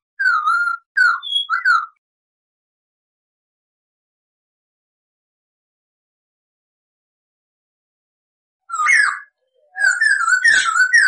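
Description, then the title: Masked laughingthrush song, short clear whistled and slurred phrases, a few notes at the start, then long silence, then a run of warbled whistles at the end. Masteran training recording for cage birds, bird said to be in full song (gacor). "MASTERAN SUARA BURUNG POKSAY HONGKONG GACOR"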